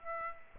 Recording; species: mosquito wingbeat signal from an infrared sensor; Aedes aegypti